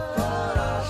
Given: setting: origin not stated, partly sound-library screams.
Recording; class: one-second piece from a danger detection set; normal situation